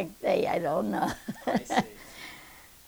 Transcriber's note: she laughs